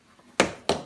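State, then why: Seated. A folding leg is hooked down into a travel crib frame and locks into place, giving two loud, sharp clicks at 0.4 s and 0.7 s over a faint background. Each click has a bright, broadband attack and a short decaying tail. The crib legs are seated and locked.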